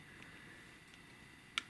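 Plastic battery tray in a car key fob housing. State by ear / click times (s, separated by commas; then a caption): released / 1.6 s. A screwdriver pries the plastic inner battery tray out of the housing of a Pontiac Vibe / Toyota Matrix car key fob during a battery replacement. After quiet handling with a faint tick near 0.2 s, a sharp, bright click comes at 1.6 s as a tab lets go and the tray is released.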